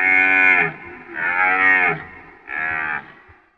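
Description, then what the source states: Red deer giving three rough, harmonic-rich bellows, each lasting under a second, with brief gaps between them. Roaring during the rutting season.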